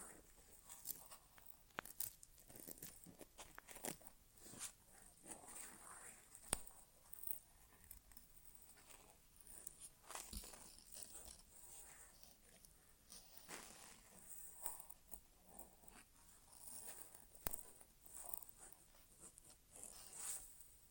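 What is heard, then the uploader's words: Soft scratching, rustling and tapping from an ASMR inner ear exam, with no talking. Quick crackly touches and brushes come irregularly and densely throughout, bright and crisp, with sharper clicks around 2, 6.5, 10 and 17.5 seconds over a faint steady hiss. ASMR Inner Ear Exam (No Talking).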